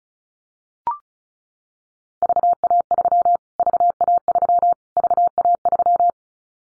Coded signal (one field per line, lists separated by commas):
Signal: Morse code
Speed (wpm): 34 wpm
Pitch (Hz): 700 Hz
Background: none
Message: VA3 VA3 VA3